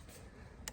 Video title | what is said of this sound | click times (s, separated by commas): How to remove a Ford Mustang door handle | pop it out just like that you can hear the snaps | 0.7 s